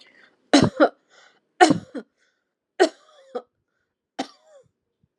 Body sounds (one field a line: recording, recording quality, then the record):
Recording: heavy voluntary cough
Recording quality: excellent, no background noise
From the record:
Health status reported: healthy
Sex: female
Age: 43 years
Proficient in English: yes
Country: India